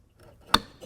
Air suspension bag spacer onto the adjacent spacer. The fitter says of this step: Now, once this is lined up, we rotate it, and it's going to snap in place.